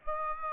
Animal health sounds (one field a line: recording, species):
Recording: mosquito wingbeat signal from an infrared sensor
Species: Aedes aegypti